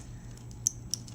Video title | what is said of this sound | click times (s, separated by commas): Fuji Guys - FinePix REAL 3D W3 - Start-up | Clicks in place if I push it again | 0.7 s